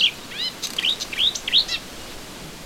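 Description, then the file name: Melodious warbler song fragment: a few quick, varied notes, including rising slurred whistles and a buzzy chirp, then quiet. Recorded in a garden on 25 June 2017. "Orpheusspötter 2017 06 25 Garten"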